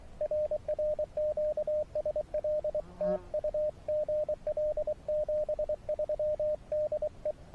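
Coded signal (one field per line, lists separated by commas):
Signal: Morse code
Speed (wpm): 24 wpm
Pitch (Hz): 590 Hz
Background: radio noise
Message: RR QSL TU GL 73 DE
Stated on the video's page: Morse from a SOTA summit activation combined with hike and fly paragliding.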